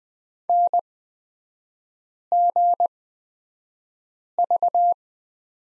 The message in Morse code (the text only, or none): NGV